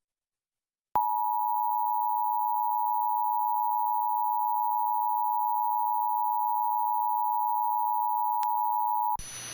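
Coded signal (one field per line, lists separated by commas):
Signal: Emergency Alert System (SAME) tones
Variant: 853 and 960 Hz attention tone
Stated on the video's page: Sacramento TV EAS tests and severe thunderstorm warnings, captured as audio only.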